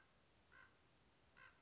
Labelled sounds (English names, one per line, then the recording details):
Common Raven
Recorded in Sonoma County, California